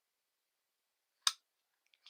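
The repaired wing tip of an Avios King Twin 1700 mm PNF RC airplane is pushed onto the foam wing until its latch engages. After near silence, one sharp, loud click at 1.3 s marks the latch seating home, a click that had never been heard before the repair. Two faint small ticks follow near 1.9 and 2.1 s.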